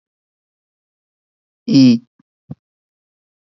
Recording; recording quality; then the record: sustained vowel as in beet; excellent, no background noise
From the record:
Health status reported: COVID-19 positive, mild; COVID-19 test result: positive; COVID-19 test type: RT-PCR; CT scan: not taken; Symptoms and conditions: sore throat, fever, fatigue, muscle pain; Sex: male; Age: 23 years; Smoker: no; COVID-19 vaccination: both doses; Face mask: not worn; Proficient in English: yes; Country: India